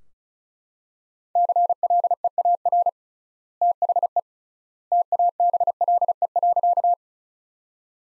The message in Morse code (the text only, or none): CLEAR THE TABLE.